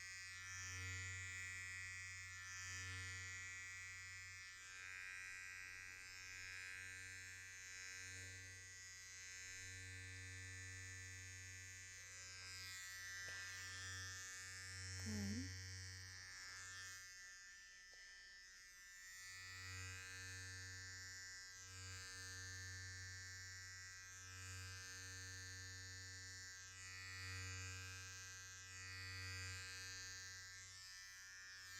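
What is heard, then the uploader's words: Electric clippers buzz steadily through a haircut, a low hum with a bright whirring layer on top that wavers as the blades move across the hair. Around fifteen seconds a short sharper squeal rises, and the buzz dips briefly near eighteen seconds before resuming. HAIRCUT, SHAVE, & SIDE BUZZ. (Barbershop RP).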